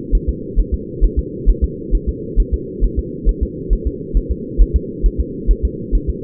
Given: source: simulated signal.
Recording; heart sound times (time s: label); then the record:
fetal heart sounds
0.15 s: S1
0.29 s: S2
0.60 s: S1
0.74 s: S2
1.04 s: S1
1.19 s: S2
1.50 s: S1
1.64 s: S2
1.95 s: S1
2.09 s: S2
2.40 s: S1
2.54 s: S2
2.84 s: S1
2.99 s: S2
3.29 s: S1
3.43 s: S2
3.73 s: S1
3.87 s: S2
4.17 s: S1
4.31 s: S2
4.62 s: S1
4.76 s: S2
5.06 s: S1
5.20 s: S2
5.51 s: S1
5.65 s: S2
5.95 s: S1
6.09 s: S2
From the record:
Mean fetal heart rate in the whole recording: 135 bpm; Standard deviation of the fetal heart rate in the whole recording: 3 bpm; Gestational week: 36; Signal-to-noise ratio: -4.1 dB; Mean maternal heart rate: no maternal heart sound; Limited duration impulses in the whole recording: absent